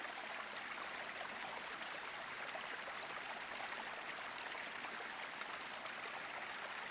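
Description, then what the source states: Upland green bush-cricket giving a steady, fast, sizzling high buzz, with a second buzzing layer for the first couple of seconds. Single individual singing beside a stream among great green bush-crickets; Le Villard, Val Maravel, Drôme, 1200 m, 20 August 2018, 19:30; windless, stormy overcast, 20–22 °C; Nagra Seven, MKH40.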